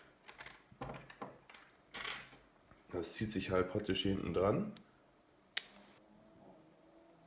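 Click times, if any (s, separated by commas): 5.6 s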